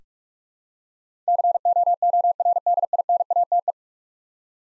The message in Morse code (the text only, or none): COORDINATE